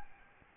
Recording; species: mosquito wingbeat signal from an infrared sensor; Aedes albopictus